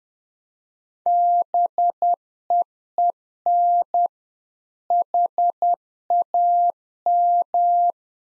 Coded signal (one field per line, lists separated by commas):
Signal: Morse code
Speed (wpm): 10 wpm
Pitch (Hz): 700 Hz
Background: none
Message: BEEN HAM